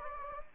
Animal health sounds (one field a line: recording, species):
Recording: mosquito wingbeat signal from an infrared sensor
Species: Anopheles gambiae